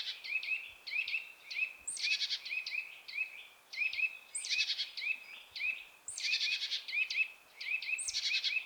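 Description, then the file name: Eurasian nuthatch calls: short, sharp, upward-flicking whistled notes repeated rapidly in runs, with a few louder, harsher high notes mixed in. "Sitta europaea"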